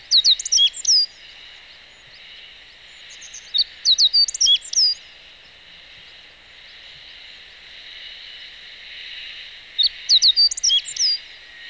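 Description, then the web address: Meadow bunting song: three separate rapid phrases of high, sharp twittering notes with long pauses between them, over a steady hiss of background noise. Recorded on 11 May 2018 during a bird-watching outing. "chikushishou bird watching club 2018 5 11 hoojiro"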